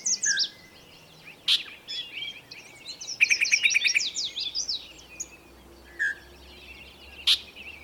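Bird chirping and twittering, with a brief rapid trill in the middle and a few isolated sharp clicks.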